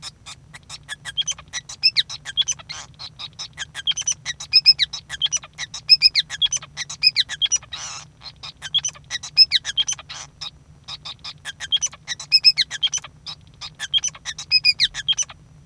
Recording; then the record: song of a male Bengalese finch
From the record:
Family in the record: son of father 5